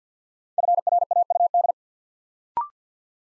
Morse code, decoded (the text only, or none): FRAUD